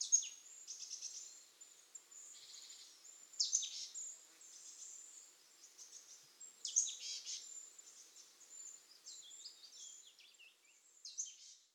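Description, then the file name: Marsh tit giving a run of high sharp notes and harsh buzzy phrases, repeated irregularly every few seconds throughout. "Poecile palustris"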